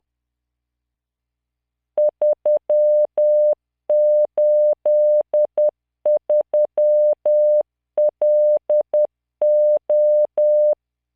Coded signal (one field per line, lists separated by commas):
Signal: Morse code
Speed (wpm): 10 wpm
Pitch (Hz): 600 Hz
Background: none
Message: 383LO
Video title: tamanのモールス練習動画85（モールス信号 速度10WPM morse code)